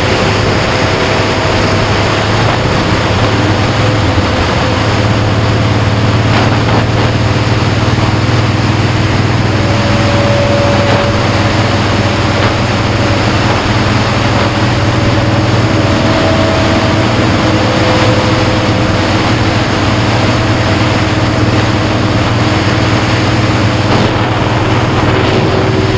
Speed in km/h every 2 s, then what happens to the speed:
64, 61, 68, 69, 72, 69, 66, 69, 69, 71, 69, 71, 71.
8-11 slows to 66. 11-26 steady at about 69.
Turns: none.